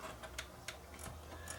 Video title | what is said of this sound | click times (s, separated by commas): Marantz 5030 Cassette Deck Eats Tape | So, you can get it into the into the hole and then loop it through and it'll lock in place like that. Now, it's locked into place. | 0.4 s, 0.7 s